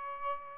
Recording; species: mosquito wingbeat signal from an infrared sensor; Aedes albopictus